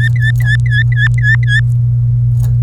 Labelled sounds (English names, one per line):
Domestic Canary song